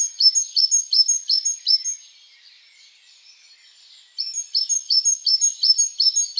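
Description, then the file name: Great tit song: rapid, evenly spaced two-note phrases, a thin high note and a lower one, in two long runs split by a short lull. "Parus major"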